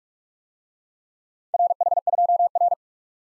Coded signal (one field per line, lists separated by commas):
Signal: Morse code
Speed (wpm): 42 wpm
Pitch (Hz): 700 Hz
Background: none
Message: RH2R